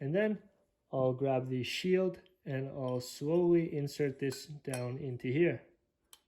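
Someone talks while handling a two-piece plastic drive shaft shield for a John Deere 400 tractor, about to slowly push it down onto the top of the drive shaft. A faint, brief tick is heard at 6.1 s, but the shield has not seated or clicked into place yet.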